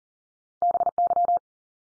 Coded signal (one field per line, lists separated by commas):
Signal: Morse code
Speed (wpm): 40 wpm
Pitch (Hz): 700 Hz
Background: none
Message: BY